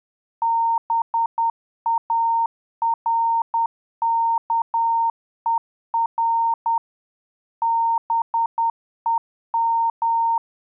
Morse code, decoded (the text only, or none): BARKER BEM